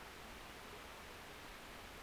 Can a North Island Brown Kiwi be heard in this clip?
no